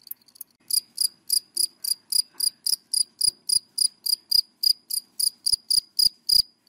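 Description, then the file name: Cricket calling in steady bursts of high, pulsed chirps, roughly three per second, continuing evenly with no other clear sounds. Crickets calling, given by the Vietnamese names dế mèn, dế cơm and dế than. "Tieng de men de com de than keu"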